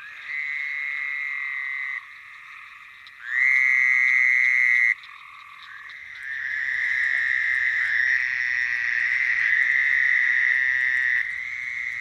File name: Fowlers Toad (Wild America)